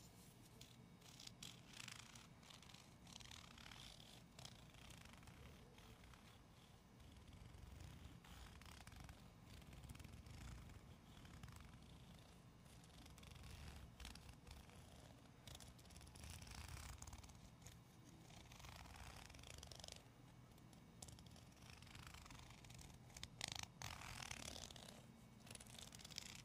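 Gentle tapping and scratching at a medium pace, with soft rasping strokes and light taps arriving in quick, fairly regular bursts throughout. A low, steady rumble sits underneath, and the sound stays even in loudness, with a few sharper taps near the end.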